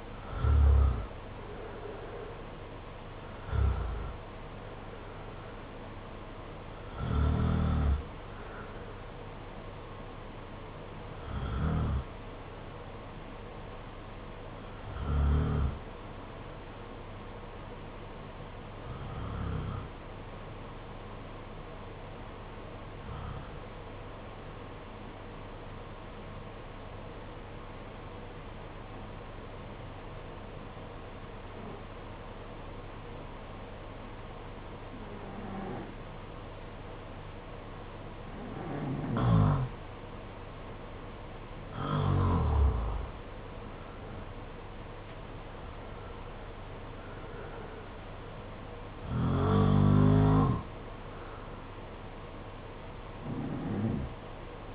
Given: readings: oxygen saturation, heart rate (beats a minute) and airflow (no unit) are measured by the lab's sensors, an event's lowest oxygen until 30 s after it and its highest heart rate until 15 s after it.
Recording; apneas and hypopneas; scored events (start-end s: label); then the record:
breathing in sleep by a voice recorder at the bedside; 1
22.00-41.50 s: hypopnea (N2, oxygen 96% highest, then 88% lowest, heart rate 50 at the start, 58 highest)
From the record:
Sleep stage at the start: N2 (light sleep); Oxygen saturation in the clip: 83 to 96%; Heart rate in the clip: 50 to 65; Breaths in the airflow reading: 12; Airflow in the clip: -7.6 to 7.3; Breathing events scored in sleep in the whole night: 476 in 9.7 hours asleep